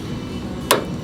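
A snug plastic push pin holding the bed cover panel of an Ineos Grenadier Quartermaster is pried loose with a tool. It pops out with a single sharp, bright snap at 0.7 s over a low steady background hum. The pin comes free.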